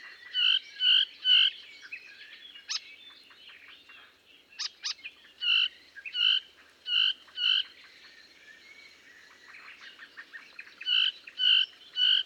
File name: British Library - Melodious Warbler Hippolais polyglotta